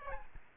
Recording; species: mosquito wingbeat signal from an infrared sensor; Aedes albopictus